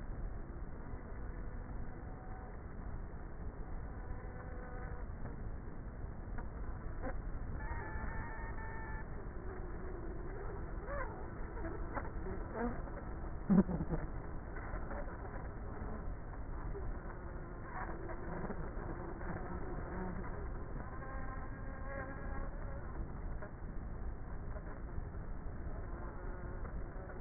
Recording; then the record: honeybee colony, microphone inside the hive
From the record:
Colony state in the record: queenless with a low population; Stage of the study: before two queens were removed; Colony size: about 30,000 bees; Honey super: no